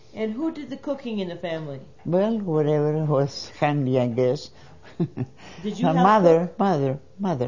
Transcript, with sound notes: And who did the cooking in the family?
Well, whoever was handy, I guess. ( she laughs ) My mother, mother, mother.